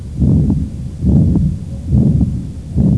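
Low, rumbling heart murmur that swells about every 0.85 seconds, roughly 70 a minute, and never fully falls silent between beats: the continuous machinery-like murmur of a patent ductus arteriosus, from blood flowing through an open ductus between the aorta and pulmonary artery.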